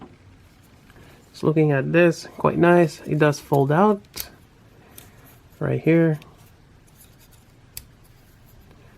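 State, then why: Seated. A small tab on a folding accessory part of a metal-and-plastic ARX-8 Laevatein ver IV action figure is pushed into its slot while someone talks. A sharp, loud click at 7.8 s marks the tab snapping into place.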